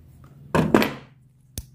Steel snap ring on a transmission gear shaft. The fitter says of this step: pastikan bunyi klik dan ini mengancing ya ada